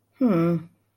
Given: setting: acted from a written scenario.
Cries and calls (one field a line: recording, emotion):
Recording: vocal sound without words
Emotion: neutral